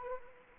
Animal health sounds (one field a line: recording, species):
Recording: mosquito wingbeat signal from an infrared sensor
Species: Anopheles arabiensis